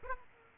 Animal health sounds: mosquito wingbeat signal from an infrared sensor; Aedes aegypti

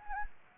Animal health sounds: mosquito wingbeat signal from an infrared sensor; Anopheles gambiae

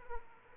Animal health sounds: mosquito wingbeat signal from an infrared sensor; Aedes aegypti

